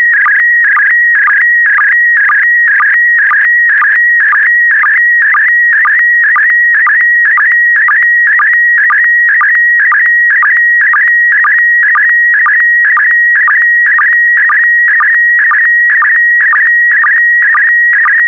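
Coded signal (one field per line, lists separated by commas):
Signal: SSTV (slow-scan television)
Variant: PD120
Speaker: get ready starting transmission in 5 4 3 2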